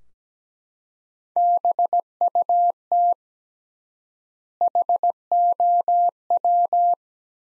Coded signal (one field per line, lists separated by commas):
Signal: Morse code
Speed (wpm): 17 wpm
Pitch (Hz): 700 Hz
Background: none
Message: BUT HOW